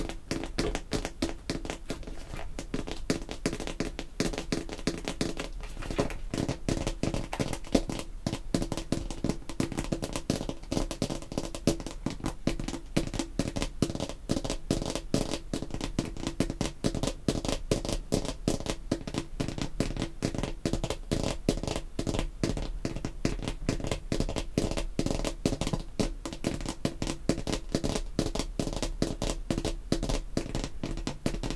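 Fake acrylic nails tap on perfume bottles, caps and similar objects. Sharp, crisp clicks come in a dense, fast stream for the whole half minute, fairly even in pace and loudness, over a faint low hum.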